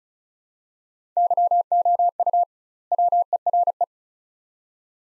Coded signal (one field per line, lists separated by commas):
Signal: Morse code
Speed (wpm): 36 wpm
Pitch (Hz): 700 Hz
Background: none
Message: YOU WERE